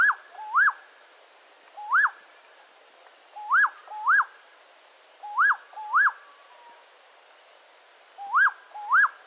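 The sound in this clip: Nightjar calling with upslurred whistles, mostly in doubled notes repeated every second or two, clear over a quiet background with a thin high hum.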